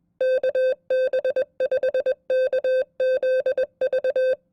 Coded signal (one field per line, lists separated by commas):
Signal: Morse code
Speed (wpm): 21 wpm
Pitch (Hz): 520 Hz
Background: none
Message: KB5KZV